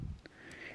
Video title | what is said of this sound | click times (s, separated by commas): Amazing 3D Hologram Fan LED Display REVIEW | and the card will pop out like that | 0.3 s